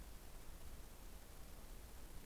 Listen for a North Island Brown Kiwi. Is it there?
no